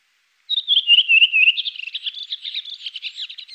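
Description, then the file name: Redwing song: a short run of descending fluted whistles, then a rapid, squeaky twittering that carries on to the end. "koperwiek redwing"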